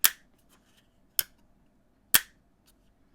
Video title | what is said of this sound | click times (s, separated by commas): Google Pixel 9 Pro XL VRS DESIGN Orb Wallet Case | it clicks open and it clicks closed you'll hear it when I close it | 0.1 s, 1.2 s, 2.2 s